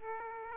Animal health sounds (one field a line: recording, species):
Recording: mosquito wingbeat signal from an infrared sensor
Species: Aedes aegypti